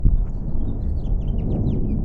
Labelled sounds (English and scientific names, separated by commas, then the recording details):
House Finch (Haemorhous mexicanus) song
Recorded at Neponsit on Long Island, New York, on 4 June 1975
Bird A